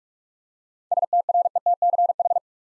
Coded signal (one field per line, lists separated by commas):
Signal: Morse code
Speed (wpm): 41 wpm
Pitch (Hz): 700 Hz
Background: none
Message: STRETCH